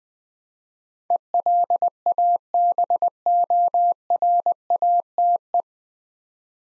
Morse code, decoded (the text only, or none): ELABORATE